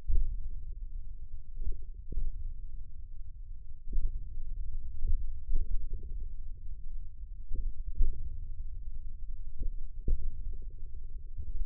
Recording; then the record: forearm muscle sounds (acoustic myography)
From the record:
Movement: hand opening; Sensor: system 1, eight BSWA MPA416 microphones around the upper forearm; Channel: 6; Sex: male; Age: 54 years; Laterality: right